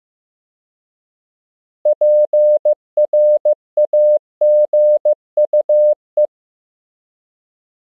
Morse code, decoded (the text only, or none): PRAGUE